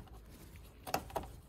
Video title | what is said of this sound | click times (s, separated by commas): Ford Mondeo mk3 2.0 tdci oil, oil filter, screen wash fluid top up coolant antifreeze check | there okay that's nicely locked now um | 0.9 s